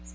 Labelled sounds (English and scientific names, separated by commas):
Magnolia Warbler (Setophaga magnolia) flight call